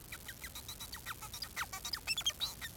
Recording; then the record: song of a male Bengalese finch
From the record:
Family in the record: son of father 4